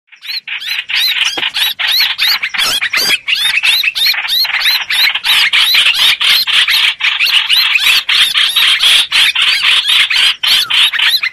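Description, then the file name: Streak-eared bulbul, a continuous stream of shrill, rasping distress notes delivered rapidly and unevenly from start to finish. Distress call, calling the flock. "Tieng chim trao trao keu cuu goi bay"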